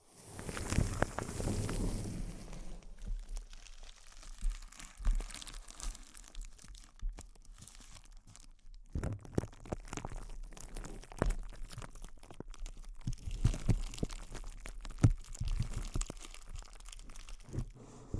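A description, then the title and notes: Intense close-up crinkles, opening with a dense, bright burst of crunching and rustling in the first two seconds. After that the crinkling turns sparser, with quieter gaps, then picks up again around nine seconds into a busy run of sharp crackles and snaps to the end. ASMR Intense Close-Up Crinkles (No Talking).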